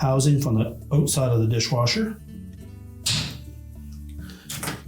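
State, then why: Seated. A new LG dishwasher sensor assembly (LG part 6501DD2001A) is pressed into its housing in the tub until both tabs engage, with the housing supported from outside the dishwasher. Someone talks, then one loud, short snap is heard at 3.1 seconds, and the assembly is seated in the housing.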